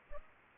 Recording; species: mosquito wingbeat signal from an infrared sensor; Aedes aegypti